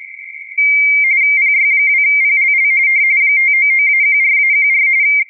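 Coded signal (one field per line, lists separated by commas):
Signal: RTTY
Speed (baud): 45.45 baud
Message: PY2PLL 599-14-14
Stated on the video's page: QRP operation in the CQWW RTTY 2023 contest, possibly on 10m with 5W and a Moxon antenna.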